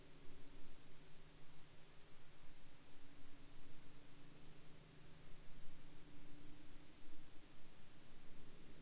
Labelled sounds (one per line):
man-made sound